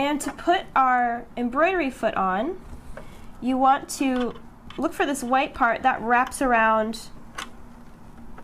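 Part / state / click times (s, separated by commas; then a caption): embroidery presser foot onto sewing machine presser-bar shank / seated / 7.4 s. A plastic embroidery presser foot for a Singer Legacy SE300 sewing and embroidery machine is pushed around the presser-bar shank while someone talks. A sharp click at 7.4 seconds marks the foot snapping snugly into place on the shank.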